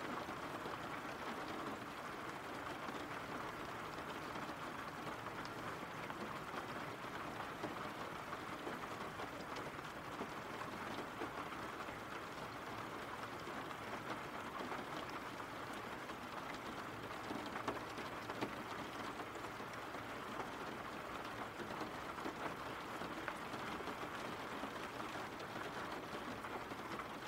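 Steady, dense rain hisses without pause for the whole stretch, a constant patter with a low rumble underneath and no distinct events.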